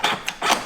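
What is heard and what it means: An interior switch on the driver's door of a Maserati GranTurismo is pressed, and the electronic door latch releases with short clicks at 0.0 and 0.3 seconds. A soft rustle of movement follows, and the door latch is released.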